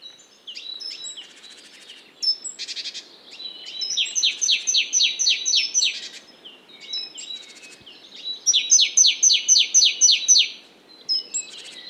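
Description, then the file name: Great tit calling with scratchy buzzing bursts, thin high notes and two fast runs of ringing downslurred notes, about four per second. "Parus major"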